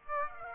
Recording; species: mosquito wingbeat signal from an infrared sensor; Aedes aegypti